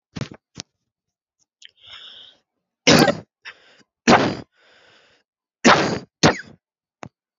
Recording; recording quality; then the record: heavy voluntary cough; excellent, no background noise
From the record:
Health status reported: healthy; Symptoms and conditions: none ticked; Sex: male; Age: 30 years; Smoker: yes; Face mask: not worn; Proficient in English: yes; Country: India